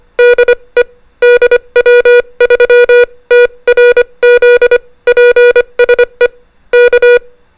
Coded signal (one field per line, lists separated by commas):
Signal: Morse code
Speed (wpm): 25 wpm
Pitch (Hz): 490 Hz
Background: music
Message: DE DW3TRZ PSE K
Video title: Ham Radio Basics : Time and Zones You Need To Know | QTH/Location Identifier (Tagalog/English)